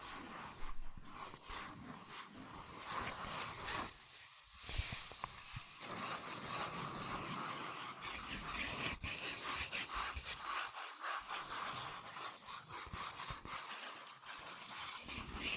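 Fast tapping, scratching and tracing on cardboard and paper, a dense, steady run of bright scratchy strokes with quick taps throughout.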